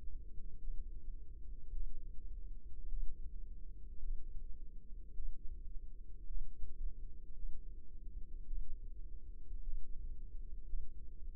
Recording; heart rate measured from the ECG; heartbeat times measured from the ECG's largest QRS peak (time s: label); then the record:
heart sounds by microphone in the left ear; 54 bpm
0.58 s: heartbeat
1.71 s: heartbeat
2.88 s: heartbeat
3.99 s: heartbeat
5.13 s: heartbeat
6.26 s: heartbeat
7.34 s: heartbeat
8.46 s: heartbeat
9.62 s: heartbeat
10.64 s: heartbeat
From the record:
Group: healthy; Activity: rest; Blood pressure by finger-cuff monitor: 93/58 mmHg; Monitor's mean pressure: 69 mmHg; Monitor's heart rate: 53 bpm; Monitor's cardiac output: 4.8 L/min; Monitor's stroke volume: 91 mL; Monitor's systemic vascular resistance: 1080 dyn s/cm5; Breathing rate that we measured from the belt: 19 breaths a minute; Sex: female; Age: 28 years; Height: 170 cm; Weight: 77 kg